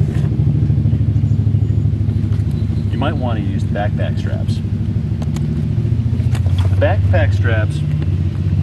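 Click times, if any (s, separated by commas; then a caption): none. A backpack strap's metal or plastic snap hook is handled near the D-ring on the back of a soft motorcycle tail bag while someone talks over a steady low hum. A few short, sharp taps are heard between about 5.2 and 8.0 s. Nothing has seated or clicked yet.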